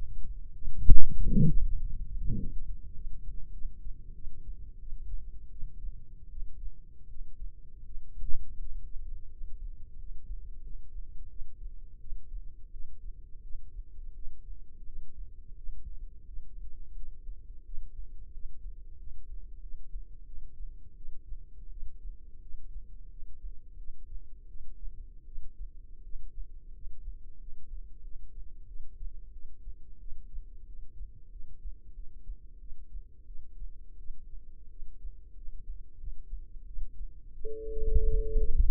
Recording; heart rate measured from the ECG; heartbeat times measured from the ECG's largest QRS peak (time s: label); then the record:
heart sounds by microphone in the left ear; 88 bpm
0.57 s: heartbeat
1.22 s: heartbeat
1.79 s: heartbeat
2.37 s: heartbeat
2.94 s: heartbeat
3.52 s: heartbeat
4.14 s: heartbeat
4.80 s: heartbeat
5.50 s: heartbeat
6.29 s: heartbeat
7.08 s: heartbeat
7.84 s: heartbeat
8.58 s: heartbeat
9.30 s: heartbeat
9.97 s: heartbeat
10.62 s: heartbeat
11.28 s: heartbeat
11.99 s: heartbeat
12.71 s: heartbeat
13.42 s: heartbeat
14.14 s: heartbeat
14.85 s: heartbeat
15.56 s: heartbeat
16.25 s: heartbeat
16.95 s: heartbeat
17.64 s: heartbeat
18.32 s: heartbeat
18.98 s: heartbeat
19.60 s: heartbeat
20.25 s: heartbeat
20.96 s: heartbeat
21.69 s: heartbeat
22.41 s: heartbeat
23.09 s: heartbeat
23.77 s: heartbeat
24.47 s: heartbeat
25.25 s: heartbeat
26.03 s: heartbeat
26.73 s: heartbeat
27.39 s: heartbeat
28.02 s: heartbeat
28.67 s: heartbeat
29.32 s: heartbeat
29.99 s: heartbeat
30.66 s: heartbeat
31.31 s: heartbeat
31.94 s: heartbeat
32.59 s: heartbeat
33.26 s: heartbeat
33.98 s: heartbeat
34.70 s: heartbeat
35.35 s: heartbeat
35.99 s: heartbeat
36.66 s: heartbeat
37.33 s: heartbeat
38.02 s: heartbeat
38.65 s: heartbeat
From the record:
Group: healthy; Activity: rest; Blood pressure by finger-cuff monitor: 98/58 mmHg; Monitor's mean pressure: 75 mmHg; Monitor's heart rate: 88 bpm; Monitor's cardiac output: 8.5 L/min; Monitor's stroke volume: 95 mL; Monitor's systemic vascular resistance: 630 dyn s/cm5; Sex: female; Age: 22 years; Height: 161 cm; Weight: 65.5 kg